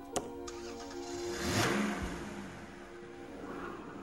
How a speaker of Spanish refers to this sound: Desde allí, Woody pudo oír el coche de Andy arrancar y marcharse.